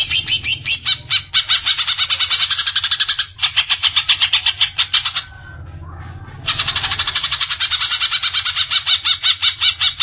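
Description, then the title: Greater green leafbird song: a long, fast chattering series of harsh repeated notes, briefly pausing midway before resuming just as rapidly. Singing of a bird described as a champion songbird. "Kicau Burung Cucak Ijo Juara"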